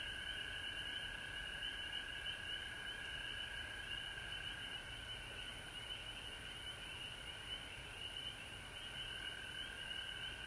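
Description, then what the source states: Dense chorus of frogs, an ongoing high trill with no breaks. Frog chorus recorded at home in Georgia on March 19, 2020.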